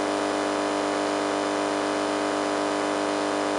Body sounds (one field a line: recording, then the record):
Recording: brain microelectrode recording played as sound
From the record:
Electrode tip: inside the subthalamic nucleus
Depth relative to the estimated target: -3 mm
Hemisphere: left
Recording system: NeuroSet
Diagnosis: Parkinson's disease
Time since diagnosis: 8 years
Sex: male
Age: 58 years